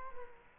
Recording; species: mosquito wingbeat signal from an infrared sensor; Culex quinquefasciatus